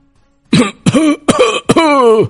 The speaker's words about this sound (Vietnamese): Trong hẻm núi trắng không có đủ áo ấm, đã có không ít binh sĩ nhiễm phong hàn bắt đầu ho khan.